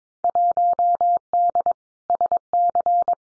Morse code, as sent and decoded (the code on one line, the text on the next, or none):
.---- -.. / ... -.-.
1D SC